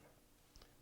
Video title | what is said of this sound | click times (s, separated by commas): Volcano Tankomizer Instructional Video | push this in and you'll hear it click seat that all the way down in there just like that | 0.6 s